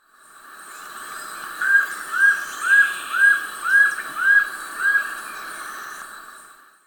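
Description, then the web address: White-streaked Antvireo giving seven short, upslurred notes in an even series, about two per second, over a quiet background hiss. Ecuador. "Birds of Ecuador 2. White-Streaked Antvireo (Plumbeous Antvireo)"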